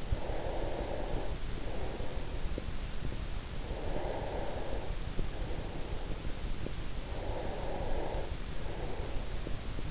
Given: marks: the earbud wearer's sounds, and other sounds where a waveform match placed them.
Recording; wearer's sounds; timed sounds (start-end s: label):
sounds in sleep by an in-ear microphone; breath
0.00-2.80 s: breath
3.44-6.67 s: breath
6.92-9.54 s: breath